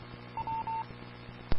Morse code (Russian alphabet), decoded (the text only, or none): none